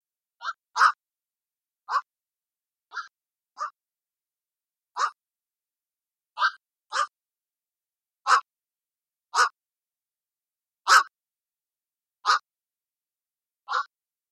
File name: Blackcrowned Nightheron-ASU-Ask ABiologist